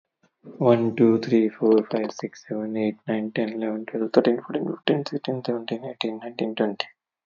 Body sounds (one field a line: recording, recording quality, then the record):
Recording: counting at a normal pace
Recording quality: excellent, no background noise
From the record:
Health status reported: healthy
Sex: male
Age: 39 years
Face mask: worn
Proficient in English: yes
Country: India